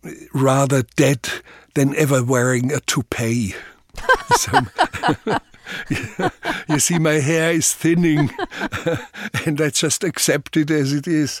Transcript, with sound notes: rather dead than ever wearing a toupee.
(Laughter).
So, you see, my hair is thinning, and I just accept it as it is.